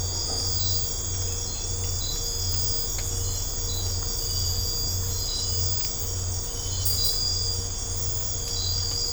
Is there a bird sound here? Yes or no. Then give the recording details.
no. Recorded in secondary vegetation near Puerto Asís, Putumayo, Colombia, on 20 December 2024 at 01:30. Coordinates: 0.502, -76.326. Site G028